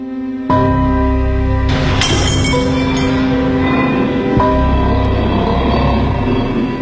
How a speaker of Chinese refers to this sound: 山城的第一天，毛泽东就失手打碎了一只盖碗茶杯。